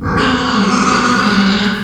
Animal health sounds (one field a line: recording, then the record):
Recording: squeal of a Yucatan mini pig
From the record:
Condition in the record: after surgery on the right vocal fold (resection and tissue-engineered implant)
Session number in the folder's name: 15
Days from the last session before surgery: 175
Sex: female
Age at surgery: 19 weeks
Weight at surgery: 25 kg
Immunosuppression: prednisolone